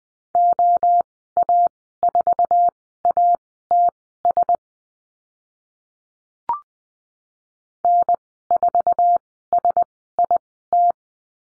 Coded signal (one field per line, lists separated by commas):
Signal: Morse code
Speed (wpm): 20 wpm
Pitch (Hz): 700 Hz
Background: none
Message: OA4ATS N4SIT